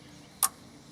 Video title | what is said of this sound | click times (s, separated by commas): How to Change the Fuel Filter in your Car (Toyota, GM, Honda) - Car Runs Rough | you hear that click, and | 0.4 s